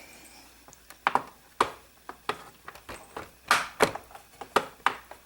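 The plastic front cover panel of a sewing machine is pressed back onto the machine body until its edges pop into their tracks. Sharp pops are heard at 1.1, 1.6, 4.6 and 4.9 seconds among softer taps and handling knocks. The cover is seated.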